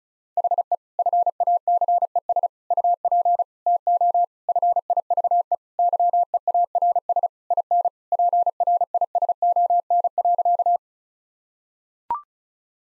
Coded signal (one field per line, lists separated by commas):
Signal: Morse code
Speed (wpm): 36 wpm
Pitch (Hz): 700 Hz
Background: none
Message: HE FACES UP TO FIVE YEARS IN PRISON.